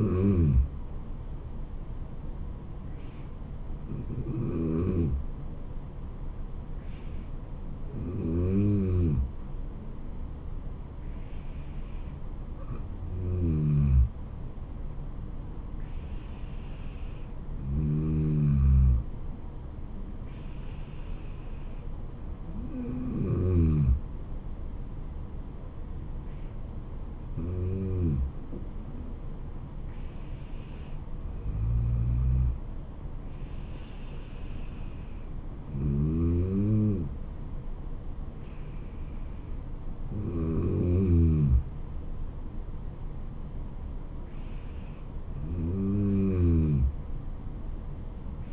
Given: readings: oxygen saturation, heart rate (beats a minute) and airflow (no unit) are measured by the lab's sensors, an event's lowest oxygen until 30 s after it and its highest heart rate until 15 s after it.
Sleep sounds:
breathing in sleep by a smartphone at the bedside; none
none scored
From the record:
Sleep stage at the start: N2 (light sleep); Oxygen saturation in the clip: 93 to 94%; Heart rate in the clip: 72 to 77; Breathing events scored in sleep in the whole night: 426 in 7.4 hours asleep

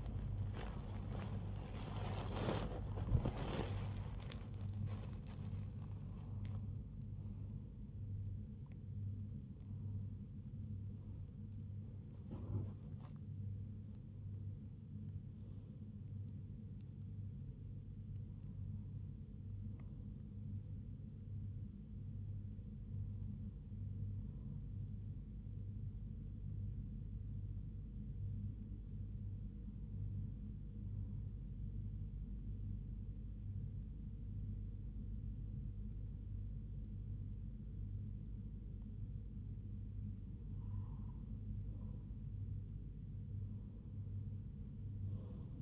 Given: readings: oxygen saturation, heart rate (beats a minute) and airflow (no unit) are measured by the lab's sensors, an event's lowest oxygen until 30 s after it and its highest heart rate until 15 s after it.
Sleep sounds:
a person awake in a sleep study, by a smartphone at the bedside; 1
27.00-40.30 s: hypopnea (scored as awake, oxygen 98% highest, then 93% lowest, heart rate 78 at the start, 78 highest)
27.00-45.61 s: awake
36.00-45.61 s: new sleep stage, N1 (lightest sleep)
From the record:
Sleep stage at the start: awake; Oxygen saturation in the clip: 95 to 99%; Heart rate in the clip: 74 to 105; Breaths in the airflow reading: 12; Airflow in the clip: -7.4 to 7.6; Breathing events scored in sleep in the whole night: 158 in 7.3 hours asleep

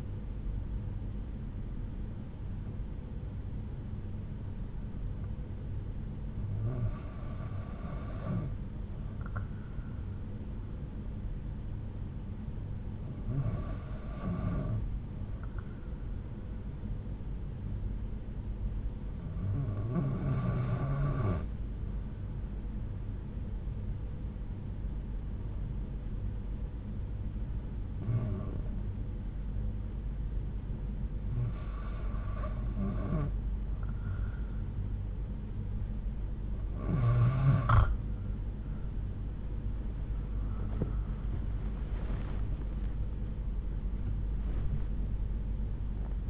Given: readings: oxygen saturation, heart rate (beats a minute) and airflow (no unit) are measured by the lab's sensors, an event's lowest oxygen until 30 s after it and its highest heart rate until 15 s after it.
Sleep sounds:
breathing in sleep by a smartphone at the bedside; 1
3.00-33.10 s: hypopnea (REM, oxygen 97% highest, then 91% lowest)
15.00-45.00 s: new sleep stage, N2 (light sleep)
45.00-46.30 s: new sleep stage, N1 (lightest sleep)
From the record:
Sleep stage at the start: REM sleep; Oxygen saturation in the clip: 90 to 97%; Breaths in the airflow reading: 7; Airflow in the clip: -7.0 to 9.1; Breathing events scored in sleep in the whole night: 368 in 8.0 hours asleep

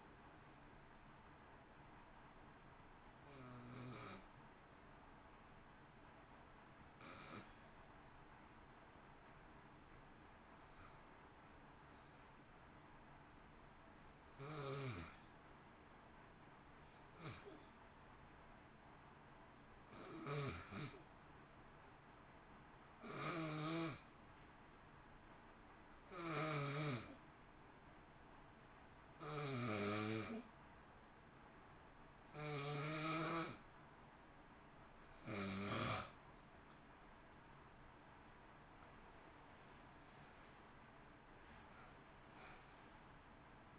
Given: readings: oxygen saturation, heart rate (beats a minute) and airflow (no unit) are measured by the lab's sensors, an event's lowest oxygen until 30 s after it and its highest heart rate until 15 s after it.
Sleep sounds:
breathing in sleep by a voice recorder at the bedside; 1
8.00-37.80 s: hypopnea (N1, oxygen 95% highest, then 90% lowest, heart rate 54 at the start, 65 highest)
From the record:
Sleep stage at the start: N1 (lightest sleep); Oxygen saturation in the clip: 89 to 95%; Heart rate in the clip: 53 to 65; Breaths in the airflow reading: 16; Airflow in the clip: -1.6 to 1.1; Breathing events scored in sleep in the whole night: 328 in 6.3 hours asleep

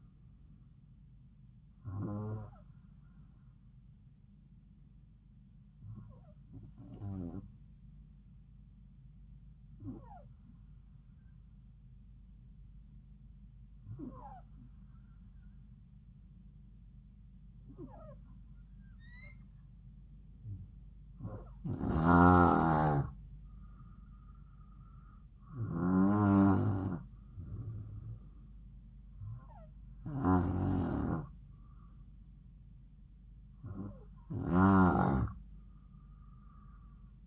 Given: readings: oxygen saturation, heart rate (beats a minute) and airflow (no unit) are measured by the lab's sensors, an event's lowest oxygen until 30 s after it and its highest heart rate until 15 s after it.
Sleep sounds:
breathing in sleep by a smartphone at the bedside; 1
3.00-21.40 s: hypopnea (N2, oxygen 94% highest, then 91% lowest, heart rate 68 at the start, 72 highest)
From the record:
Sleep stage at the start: N2 (light sleep); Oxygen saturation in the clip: 90 to 94%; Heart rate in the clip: 66 to 72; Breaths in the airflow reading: 9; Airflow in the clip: -4.5 to 5.4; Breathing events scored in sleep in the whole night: 270 in 6.1 hours asleep

